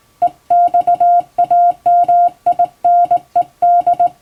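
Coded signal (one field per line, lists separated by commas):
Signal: Morse code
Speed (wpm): 20 wpm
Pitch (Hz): 700 Hz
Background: music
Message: EXAMINED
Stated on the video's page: Hand-sent Morse from an English-language telegram practice book, by a former first-class radiotelegraph operator, for practice.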